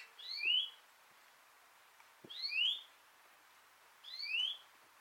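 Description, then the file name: European greenfinch: three clean, rising whistled calls evenly spaced roughly two seconds apart over quiet background. "Chloris chloris"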